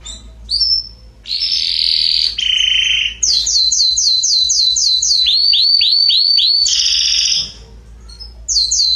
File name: canto do canario belga salsa